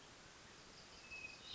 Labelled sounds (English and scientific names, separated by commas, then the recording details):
Hermit Thrush (Catharus guttatus)
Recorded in Sonoma County, California